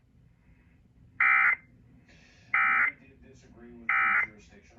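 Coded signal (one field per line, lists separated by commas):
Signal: Emergency Alert System (SAME) tones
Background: speech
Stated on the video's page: Severe Thunderstorm Warning aired on an FM station at 96.3 MHz, Fort Worth, Texas.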